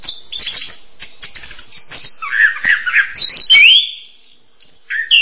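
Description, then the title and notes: Bird chattering in quick high twitters, then a bright whistled phrase sliding downward, followed by a short quiet gap and a final chirp. "Bird Sound. Kicau Burung Lengkap"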